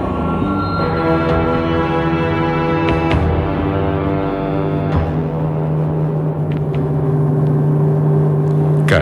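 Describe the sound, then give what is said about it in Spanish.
A car drives through the city with a steady, loud engine drone and low humming tones, broken by a few sharp clatters and knocks as it rolls on through traffic noise. “En su coche, deambulando de un lado a otro de la ciudad, sigue intentando dejar al muerto en alguna parte.”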